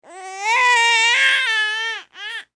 Human Baby Cry Single Long.